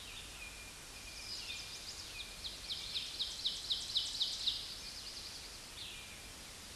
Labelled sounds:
Ovenbird (Seiurus aurocapilla) song

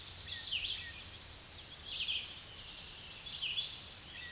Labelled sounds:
Red-eyed Vireo (Vireo olivaceus) song

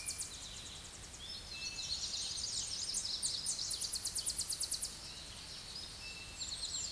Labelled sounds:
Tennessee Warbler (Leiothlypis peregrina) song

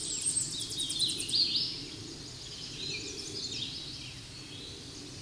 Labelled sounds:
Hooded Warbler (Setophaga citrina) song

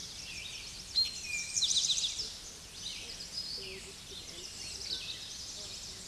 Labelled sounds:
Red-eyed Vireo (Vireo olivaceus) song

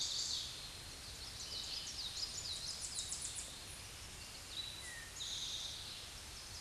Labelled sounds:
Tennessee Warbler (Leiothlypis peregrina) song

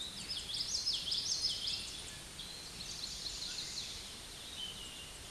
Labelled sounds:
Common Yellowthroat (Geothlypis trichas) song

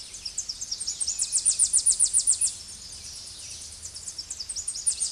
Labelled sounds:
Tennessee Warbler (Leiothlypis peregrina) song

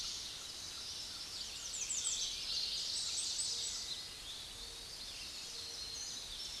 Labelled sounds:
American Redstart (Setophaga ruticilla) song

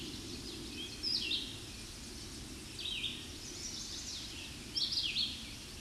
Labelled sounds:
Red-eyed Vireo (Vireo olivaceus) song

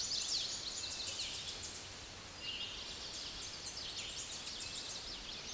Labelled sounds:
Tennessee Warbler (Leiothlypis peregrina) song

